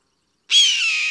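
Hawk call: after a short silence, a single harsh, rasping scream bursts in and holds steady for about half a second.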